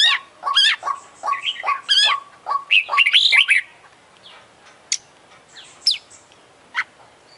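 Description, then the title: Oriental magpie-robin singing a rapid run of clear whistled notes and scratchy phrases, then slowing to a few isolated sharp chips with pauses. Champion singing bird, singing vigorously (gacor); master recording for song training. "Kacer Juara Gacor"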